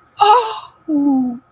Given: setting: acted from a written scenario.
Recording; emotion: vocal sound without words; elation